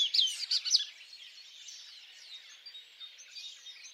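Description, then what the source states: Bird song starting with a loud cluster of high chirps, fading into a soft, dense twittering chorus in the background. At dawn.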